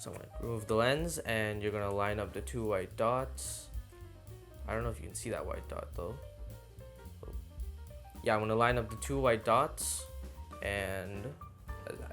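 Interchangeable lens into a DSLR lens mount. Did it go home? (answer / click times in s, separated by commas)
no / none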